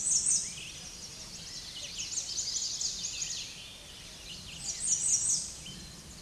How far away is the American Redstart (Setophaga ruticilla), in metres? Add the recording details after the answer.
about 15 m. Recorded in a Pennsylvania forest on 16 May 2024 at 06:53. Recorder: AudioMoth, point MSD-2112. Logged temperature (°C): 16.3 °C. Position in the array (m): 49 m, 226 m